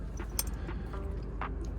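A plastic emblem overlay is lined up on a Toyota Tacoma's steering wheel badge and pressed from the top and all around, with music playing in the background. It snaps into place with a sharp click at 0.4 s, and the overlay is seated.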